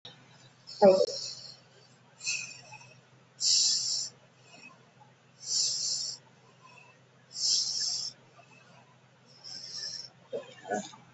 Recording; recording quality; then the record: shallow breathing; excellent, no background noise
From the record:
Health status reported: COVID-19 positive, mild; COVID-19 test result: positive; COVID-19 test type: RT-PCR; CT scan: not taken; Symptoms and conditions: cough, cold, sore throat, fever, fatigue, muscle pain, another condition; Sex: female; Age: 32 years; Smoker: no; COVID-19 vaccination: both doses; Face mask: not worn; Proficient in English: yes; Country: India